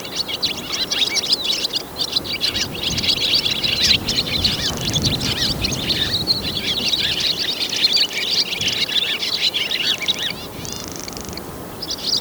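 Swallow twittering, a continuous stream of rapid high chirps and warbles with short breaks near the end, over soft low rumble.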